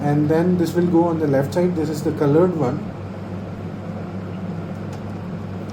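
A color ink cartridge for an HP inkjet printer, its protective cover already removed, is lined up on the left side of the carriage, head first and tilted, before being pushed home. Someone talks for about the first 2.8 seconds, then a steady low hum continues. The cartridge has not yet been pushed in and nothing has clicked or seated.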